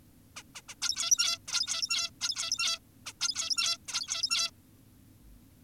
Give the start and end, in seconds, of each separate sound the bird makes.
0.36-0.43, 0.55-0.62, 0.69-0.75, 0.82-1.38, 1.48-2.10, 2.21-2.79, 3.06-3.13, 3.21-3.78, 3.88-4.51